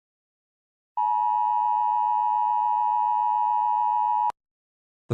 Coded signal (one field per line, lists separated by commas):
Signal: Emergency Alert System (SAME) tones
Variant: 853 and 960 Hz attention tone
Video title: EAS Scenario #37: Bloody Painter attack.